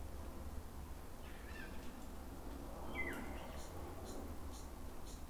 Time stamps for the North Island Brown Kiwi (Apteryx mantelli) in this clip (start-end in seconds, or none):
none